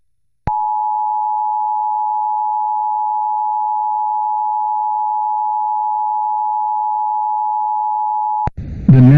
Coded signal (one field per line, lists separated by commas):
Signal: Emergency Alert System (SAME) tones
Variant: 853 and 960 Hz attention tone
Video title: Fake EAS: Severe Thunderstorm Warning (4/28/23)